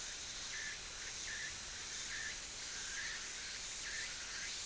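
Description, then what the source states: Insect giving short, clipped chirps at a steady mid-high pitch, five in all, repeated roughly every 0.8 seconds against a continuous bright hiss. Mainly insect sounds.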